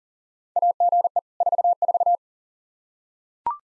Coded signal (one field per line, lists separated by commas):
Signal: Morse code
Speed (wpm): 40 wpm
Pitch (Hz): 700 Hz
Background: none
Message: AGE 44